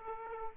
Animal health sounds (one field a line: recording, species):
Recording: mosquito wingbeat signal from an infrared sensor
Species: Aedes aegypti